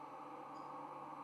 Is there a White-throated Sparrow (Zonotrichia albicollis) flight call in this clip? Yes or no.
no